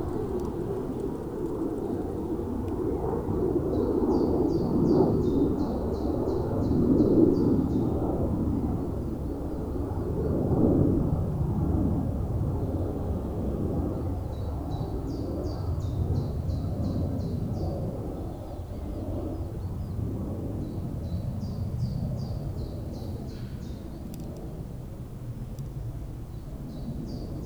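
A spring day in Tivoli Park, Ljubljana: a steady low rumble of traffic or wind, with bird chirps repeating in short bursts.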